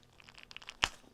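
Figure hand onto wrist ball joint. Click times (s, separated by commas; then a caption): 0.8 s. A rubberized hand is pushed onto the wrist ball joint of a 1/6 scale action figure. Light crinkling and small ticks build up until a sharp pop at 0.8 s. The pop marks the hand seating onto the joint.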